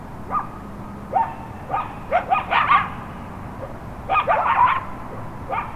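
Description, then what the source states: Coyote yips and short howls: scattered sliding yelps building to a quick cluster, a brief lull, then another cluster and a final yelp, with a faint low hum behind. Coyotes roaming the Hollywood hills on a cool April night at midnight.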